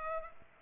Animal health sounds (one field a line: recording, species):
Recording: mosquito wingbeat signal from an infrared sensor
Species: Culex pipiens